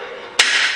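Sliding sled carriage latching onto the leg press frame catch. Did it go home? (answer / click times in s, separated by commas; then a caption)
yes / 0.4 s. After a leg press on a RitFit BLP01 2-in-1 leg press and hack squat machine, the sliding sled carriage is dropped back down onto the frame. Its steel locking catch clicks into place at 0.4 s with a single sharp metallic hit, followed by a steady high-pitched hiss. The sled is latched.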